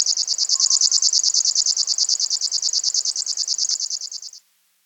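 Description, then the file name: River warbler song, a high rhythmic buzzing reel of fast even pulses that stops abruptly shortly before the end, followed by silence. "sverchok rechnojj"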